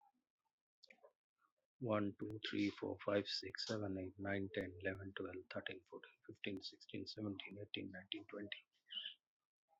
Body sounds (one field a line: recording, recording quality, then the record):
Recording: counting at a normal pace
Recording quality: excellent, no background noise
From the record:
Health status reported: COVID-19 positive, mild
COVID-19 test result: positive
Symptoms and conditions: fever, loss of smell and taste, diabetes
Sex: male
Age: 47 years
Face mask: not worn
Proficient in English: yes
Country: India